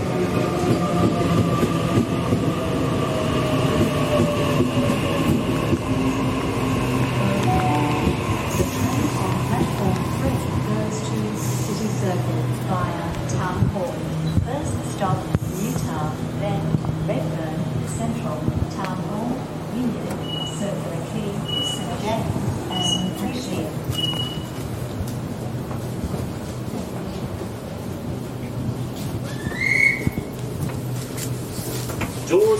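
A ride on a Sydney train heading into the city, with a steady low rumble and hum from the carriage throughout. Voices chatter over the noise, and around the twenty-second mark a short series of four evenly spaced high beeps sounds.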